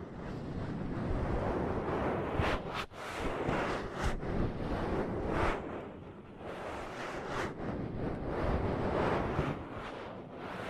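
Ear massage and cupping make a continuous muffled rushing, like wind or surf, thick and low with rising and falling swells. Short sharp taps and pops cut through every second or two, notably near the 3, 4 and 7 second marks.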